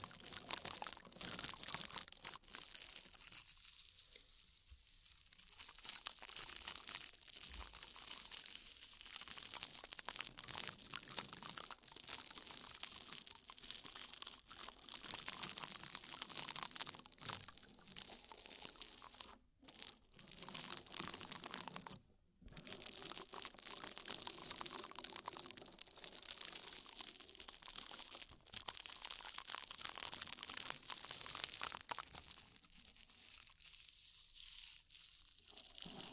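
Oil and foam ear massage: dense crinkling, crunching rubs run almost nonstop, with brief pauses near 20 and 22 seconds.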